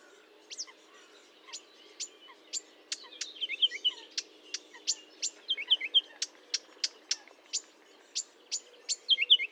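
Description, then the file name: Marsh warbler song: repeated sharp ticks interspersed with short chirping flourishes. Recorded at Fontaine-Française, Fourneau, France, on 1 June 2022 at 10:55, with a Nagra recorder and Telinga microphone. "Rousserolle verderolle 20220601 1055 Fontaine-Francaise-Fourneau-Nagra-Telinga"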